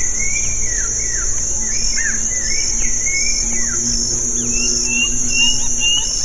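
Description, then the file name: Bird calls of swooping, slurred high notes, several in quick succession, over a steady insect hum and faint low rumble. "SABIOD 50 bird 2015"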